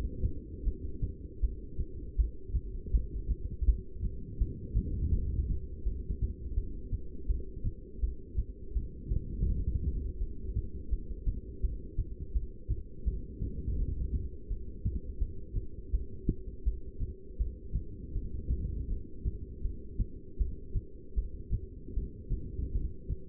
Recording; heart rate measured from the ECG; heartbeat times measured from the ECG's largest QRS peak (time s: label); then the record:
heart sounds by stethoscope; 81 bpm
0.65 s: heartbeat
1.41 s: heartbeat
2.17 s: heartbeat
2.92 s: heartbeat
3.66 s: heartbeat
4.39 s: heartbeat
5.12 s: heartbeat
5.85 s: heartbeat
6.56 s: heartbeat
7.28 s: heartbeat
8.01 s: heartbeat
8.74 s: heartbeat
9.48 s: heartbeat
10.20 s: heartbeat
10.91 s: heartbeat
11.62 s: heartbeat
12.34 s: heartbeat
13.06 s: heartbeat
13.78 s: heartbeat
14.49 s: heartbeat
15.20 s: heartbeat
15.92 s: heartbeat
16.65 s: heartbeat
17.39 s: heartbeat
18.14 s: heartbeat
18.89 s: heartbeat
19.63 s: heartbeat
20.39 s: heartbeat
21.16 s: heartbeat
21.95 s: heartbeat
22.74 s: heartbeat
From the record:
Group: heart failure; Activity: rest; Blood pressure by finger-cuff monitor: 167/105 mmHg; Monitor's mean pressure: 130 mmHg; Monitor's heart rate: 81 bpm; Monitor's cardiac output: 8.7 L/min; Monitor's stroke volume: 104 mL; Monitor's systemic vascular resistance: 1120 dyn s/cm5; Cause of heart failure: non-ischemic cardiomyopathy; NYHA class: 1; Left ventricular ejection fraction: 62%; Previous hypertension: present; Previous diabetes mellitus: present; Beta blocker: bisoprolol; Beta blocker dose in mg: 10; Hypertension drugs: sacubitril-valsartan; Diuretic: furosemide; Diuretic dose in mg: 20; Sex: male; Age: 49 years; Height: 167 cm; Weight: 110 kg